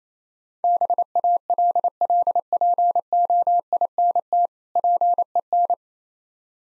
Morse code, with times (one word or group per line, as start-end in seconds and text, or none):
0.6-4.5 BALLPOINT
4.8-5.7 PEN